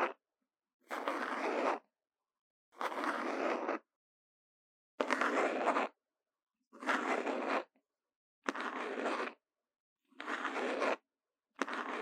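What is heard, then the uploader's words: Intense scratching comes in short, rough rasping strokes, each lasting about a second, with clean silences between them. About seven strokes repeat at a fairly steady pace, roughly every second and a half to two seconds. The sound is dry and bright, with no background noise. Intense Brain Scratching. No Talking.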